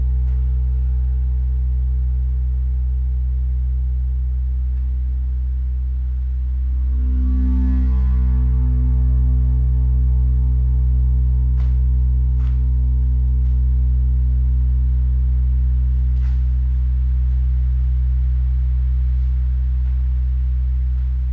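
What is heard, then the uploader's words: A gong bath rings on with a deep, steady hum and long sustained low tones. Around seven seconds a swelling wash of shimmering overtones blooms and slowly fades, while a few soft, bright taps or clicks sound sporadically later on. Gong Bath. Gongs, bells, chimes and symbols. Steve Gong runs classes for groups in a church hall in Ainsdale Merseyside.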